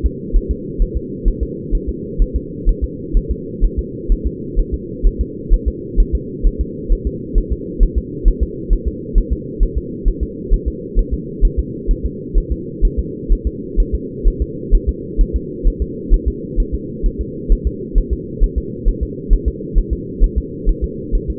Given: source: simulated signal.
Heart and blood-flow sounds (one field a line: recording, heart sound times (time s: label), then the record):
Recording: fetal heart sounds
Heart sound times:
0.06 s: S2
0.36 s: S1
0.51 s: S2
0.82 s: S1
0.97 s: S2
1.28 s: S1
1.43 s: S2
1.75 s: S1
1.89 s: S2
2.22 s: S1
2.36 s: S2
2.69 s: S1
2.84 s: S2
3.17 s: S1
3.31 s: S2
3.64 s: S1
3.79 s: S2
4.12 s: S1
4.27 s: S2
4.59 s: S1
4.74 s: S2
5.07 s: S1
5.21 s: S2
5.54 s: S1
5.68 s: S2
6.00 s: S1
6.15 s: S2
6.47 s: S1
6.61 s: S2
6.92 s: S1
7.07 s: S2
7.38 s: S1
7.52 s: S2
7.83 s: S1
7.98 s: S2
8.28 s: S1
8.43 s: S2
8.73 s: S1
8.88 s: S2
9.18 s: S1
9.33 s: S2
9.63 s: S1
9.78 s: S2
10.08 s: S1
10.23 s: S2
10.53 s: S1
10.68 s: S2
10.99 s: S1
11.14 s: S2
11.45 s: S1
11.59 s: S2
11.91 s: S1
12.05 s: S2
12.38 s: S1
12.52 s: S2
12.85 s: S1
12.99 s: S2
13.32 s: S1
13.47 s: S2
13.80 s: S1
13.95 s: S2
14.27 s: S1
14.42 s: S2
14.75 s: S1
14.89 s: S2
15.21 s: S1
15.36 s: S2
15.67 s: S1
15.82 s: S2
16.14 s: S1
16.28 s: S2
16.60 s: S1
16.74 s: S2
17.06 s: S1
17.21 s: S2
17.52 s: S1
17.67 s: S2
17.98 s: S1
18.13 s: S2
18.44 s: S1
18.58 s: S2
18.89 s: S1
19.03 s: S2
19.33 s: S1
19.48 s: S2
19.78 s: S1
19.93 s: S2
20.24 s: S1
20.38 s: S2
20.69 s: S1
20.84 s: S2
21.15 s: S1
21.30 s: S2
From the record:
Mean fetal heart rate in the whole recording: 130 bpm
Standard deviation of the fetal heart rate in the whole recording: 2 bpm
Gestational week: 38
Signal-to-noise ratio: -4.1 dB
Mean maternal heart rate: no maternal heart sound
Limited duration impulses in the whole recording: absent